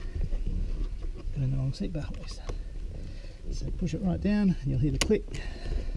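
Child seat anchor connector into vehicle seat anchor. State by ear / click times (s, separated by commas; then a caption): not seated / none. A child seat is pushed down onto its anchor connector at the vehicle seat anchor in the rear seat of a 2017 Nissan Navara pickup while someone talks over a low background hum. Nothing has seated or clicked yet by the end of the clip.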